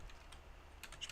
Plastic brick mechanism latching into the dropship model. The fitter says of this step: Here's a very nifty mechanic. And there's a nice click to it.